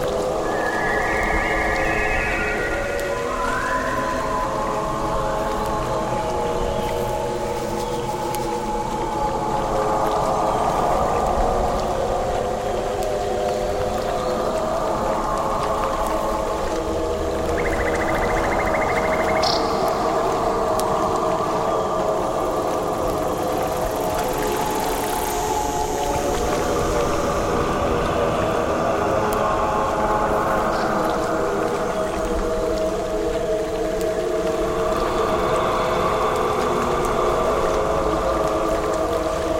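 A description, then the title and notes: Jungle ambience thick with overlapping bird and insect calls, steady and dense throughout, with occasional rising whistles cutting through the constant layered chorus. Immersive Jungle Ambience: Exploring the Enchanting Sounds of the Wild.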